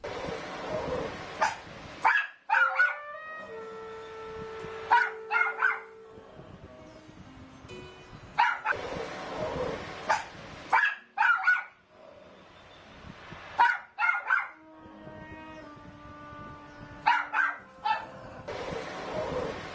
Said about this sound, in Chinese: 嗱，条片一放出嚟咧，我放第一次俾大家听咧，我哋唔讲嘢俾大家听。如果你听到两下狗吠声咧，就即系嗰粒嘢正准备出现啦。